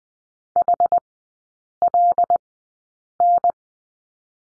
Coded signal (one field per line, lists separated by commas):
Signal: Morse code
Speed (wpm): 20 wpm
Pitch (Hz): 700 Hz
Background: none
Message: HLN